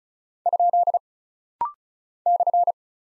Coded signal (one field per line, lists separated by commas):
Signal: Morse code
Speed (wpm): 36 wpm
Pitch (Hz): 700 Hz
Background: none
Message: ? /